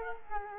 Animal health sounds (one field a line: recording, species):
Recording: mosquito wingbeat signal from an infrared sensor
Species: Culex quinquefasciatus